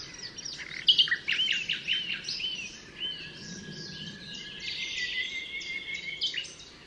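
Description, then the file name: Common nightingale song of quick chirps and long drawn whistles, busy and varied, over a steady background hiss. Altmühlsee, Germany, 27 April 2014. "Nachtigall. Altmuehlsee. Susanne Rieck"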